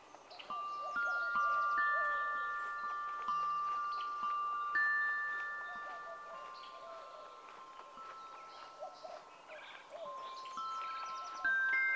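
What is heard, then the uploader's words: Outdoors along a riverside trail, wind chimes ring steadily, struck every second or two, with bright, clear tones that overlap and slowly fade. A soft, busy hiss of outdoor background, possibly moving water or breeze, runs underneath throughout. Tubac, AZ on the historic Anza Trail, which meanders here along the Santa Cruz River.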